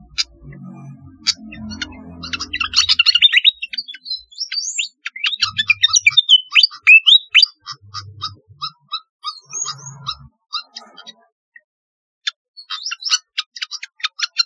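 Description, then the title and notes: Flycatcher song: bursts of high twittering and slurred whistles, then a steady series of clipped ticking notes, a short silence, and a final chirpy flurry. "Kicau Burung Sikatan"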